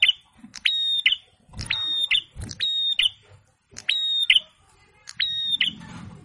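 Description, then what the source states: Prinia giving rasping, flat buzzing notes with a clicked start and stressed end, roughly one per second, with scattered low thumps between them. Masteran training recording; red-headed prenjak (prinia) in full song (gacor), a pleasant song meant to make rival birds answer.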